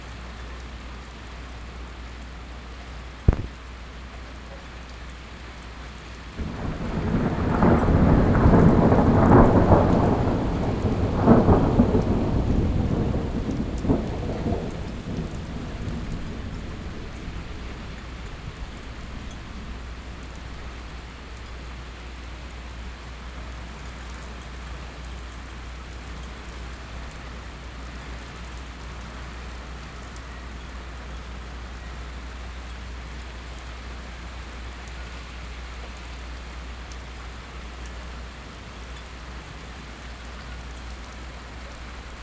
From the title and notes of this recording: Binaural 3d audio recording. Quick storm.